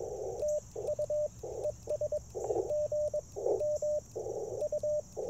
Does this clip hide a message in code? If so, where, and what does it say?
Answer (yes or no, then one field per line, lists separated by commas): yes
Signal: Morse code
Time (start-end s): 0.4-5.0 s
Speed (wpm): 22 wpm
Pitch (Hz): 600 Hz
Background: radio noise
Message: TU ES GM U